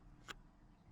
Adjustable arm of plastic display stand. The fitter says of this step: you just slide it back down and this locks it in place